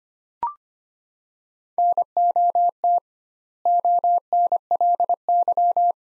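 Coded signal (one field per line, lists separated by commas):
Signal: Morse code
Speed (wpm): 25 wpm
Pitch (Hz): 700 Hz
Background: none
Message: NOT ONLY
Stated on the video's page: Morse practice: sets of two words at 25 wpm with 2x word spacing, similar to Farnsworth spacing.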